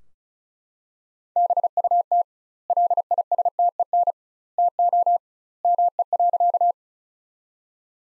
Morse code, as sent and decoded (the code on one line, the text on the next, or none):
-... ..- - / .-.. .. ... - . -. / - --- / -- . .-.-.-
BUT LISTEN TO ME.